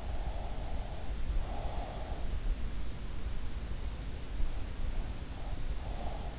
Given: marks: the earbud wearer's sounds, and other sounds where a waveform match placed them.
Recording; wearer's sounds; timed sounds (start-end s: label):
sounds in sleep by an in-ear microphone; breath
0.00-2.24 s: breath
4.92-6.35 s: breath